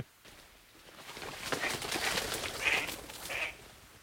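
Ducks calling at a Frisian duck decoy in Friesland: a few short, raspy calls rise out of a steady rushing, splashy background. No one speaks.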